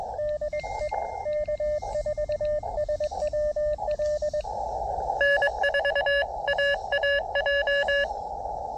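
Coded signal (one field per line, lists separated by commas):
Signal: Morse code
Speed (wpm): 21 wpm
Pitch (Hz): 590 Hz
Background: radio noise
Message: DE K4SWL N4AAJ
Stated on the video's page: Morse from a POTA park activation at a state historic site.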